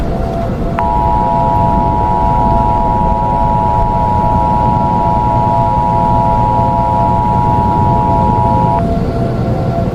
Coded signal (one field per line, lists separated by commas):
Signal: Emergency Alert System (SAME) tones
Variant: 853 and 960 Hz attention tone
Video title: EAS Scenario / Analog & Digital Horror - Tartarus Catastrophe